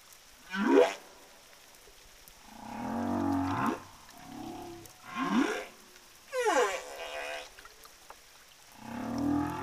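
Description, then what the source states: Humpback whale song: a sequence of short rising sweeps and groaning moans with harmonics, each unit separated by brief pauses. Humpback whales of the southern Indian Ocean, found by a study to be singing different song tunes.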